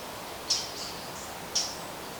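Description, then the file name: Eurasian blackcap giving two hard, clicking tack notes about a second apart against a soft hiss. "Sylvia atricapilla"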